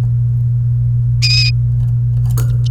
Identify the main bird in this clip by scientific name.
Serinus canaria